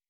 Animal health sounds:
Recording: hydrophone in a shrimp aquaculture tank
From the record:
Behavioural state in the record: weakened

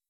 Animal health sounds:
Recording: hydrophone in a shrimp aquaculture tank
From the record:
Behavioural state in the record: weakened

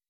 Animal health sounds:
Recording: hydrophone in a shrimp aquaculture tank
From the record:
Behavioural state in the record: weakened

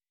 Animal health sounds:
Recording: hydrophone in a shrimp aquaculture tank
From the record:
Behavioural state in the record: weakened

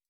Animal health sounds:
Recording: hydrophone in a shrimp aquaculture tank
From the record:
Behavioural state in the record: stressed

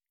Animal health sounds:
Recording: hydrophone in a shrimp aquaculture tank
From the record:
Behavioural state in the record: stressed

